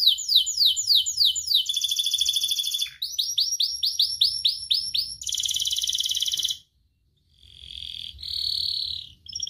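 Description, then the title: Canary alternating runs of swept notes with loud buzzy rattling trills, a short silent break, then softer trilled phrases. Actively singing canary ('kenari gacor') with its best 'cengkok' ornamented phrasing and richest 'isian' fill-in material, from Indonesian songbird-keeping hobby (kicaumania) circles. "Kenari Gacor Cengkok Terbaik Isian Paling Mewah Kenarigacor Kicaumania Kenari"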